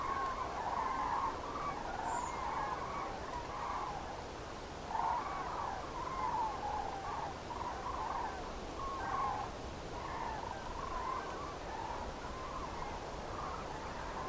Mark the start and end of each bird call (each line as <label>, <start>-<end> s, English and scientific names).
Common Crane (Grus grus), 0.02-4.00 s
Redwing (Turdus iliacus), 2.00-2.35 s
Common Crane (Grus grus), 4.89-8.45 s
Common Crane (Grus grus), 8.77-9.53 s
Common Crane (Grus grus), 9.94-12.97 s
Common Crane (Grus grus), 13.30-13.63 s
Common Crane (Grus grus), 14.11-14.28 s